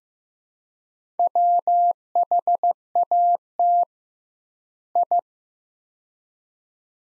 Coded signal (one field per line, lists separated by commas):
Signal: Morse code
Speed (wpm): 15 wpm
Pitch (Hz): 700 Hz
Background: none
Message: WHAT I